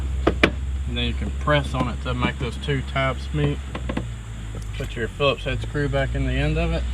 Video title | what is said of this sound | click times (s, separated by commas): How to Repair 2016 - 2020 KIA Sorento Trunk Latch | rotate it up around until it snaps right there | 0.3 s, 0.4 s